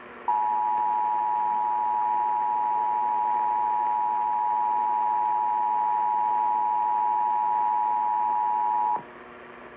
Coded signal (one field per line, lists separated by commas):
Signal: Emergency Alert System (SAME) tones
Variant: 853 and 960 Hz attention tone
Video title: New York City RMT April 2022(EAS 2,546-2,548)